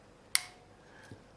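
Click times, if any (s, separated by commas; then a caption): 0.3 s. A ratcheting crimp tool is squeezed to crimp a contact onto a wire, giving a sharp, bright click at 0.35 s as it reaches full crimp and releases itself. A softer, low thud follows at about 1.1 s.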